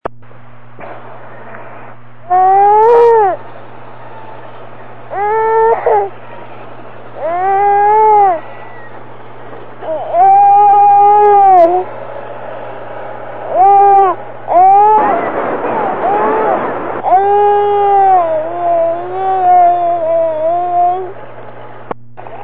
Baby Crying.